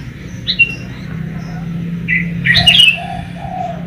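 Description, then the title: Sooty-headed bulbul with a brief run of clear chirping notes, a bright cluster near the end followed by softer lower tones, over steady low background hum. "Kutilang"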